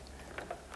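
A mains power cable plug is pushed into the back of an LED video light adapter, and a sharp click at 0.4 s shows it seating securely, followed by two fainter taps at 0.5 s and 0.7 s. Low background hum runs throughout, and the connector ends up firmly plugged in.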